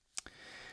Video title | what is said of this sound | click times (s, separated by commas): Mandetbrote Secret Orbital Automatic Blue 4K Watch Review | Snaps up with a nice positive click. | 0.2 s